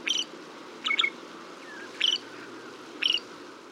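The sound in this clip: Northern shrike making short, sharp chirping notes, repeated about once a second, four in all, over faint steady background hiss.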